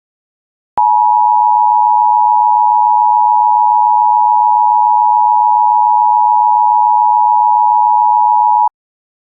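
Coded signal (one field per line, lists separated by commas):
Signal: Emergency Alert System (SAME) tones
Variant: 853 and 960 Hz attention tone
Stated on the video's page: Simulated EAS bombing scenario alert, not real.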